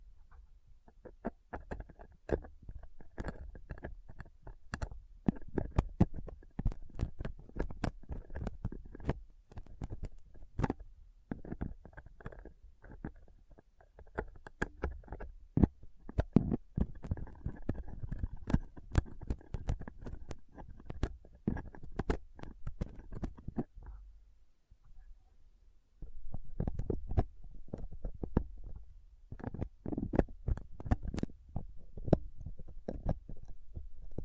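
A dental pick, tweezers and cotton swab scratch and tap on a rough microphone in dense, irregular clicks and scrapes, pausing briefly near 25 seconds.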